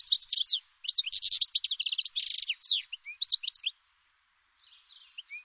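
Bird giving fast high-pitched chirps and buzzy trilled notes in tight bursts, followed by a few softer scattered chirps after a short silence.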